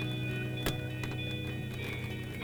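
A SATA data cable connector is handled at the data port of a 2.5-inch SSD, with music playing steadily in the background. Two short, sharp handling knocks stand out at about 0.7 s and 1.0 s. Nothing has seated or clicked into place yet.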